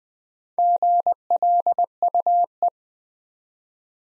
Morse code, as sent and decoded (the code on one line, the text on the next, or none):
--. .-.. ..- .
GLUE